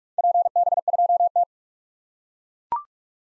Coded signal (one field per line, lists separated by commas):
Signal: Morse code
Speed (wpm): 42 wpm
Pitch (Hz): 700 Hz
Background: none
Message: PB2T